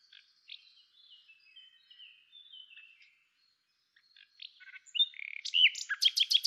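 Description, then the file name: Common nightingale song: a soft series of faint whistled notes, then a loud, rapid run of sharp repeated chirps at the end. "Luscinia megarhynchos"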